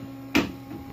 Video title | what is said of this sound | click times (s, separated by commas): (Novice Expert) 3DPrinted GoPro Mount Mk1 Robo 3D R1 | Locks nice and tight. | 0.4 s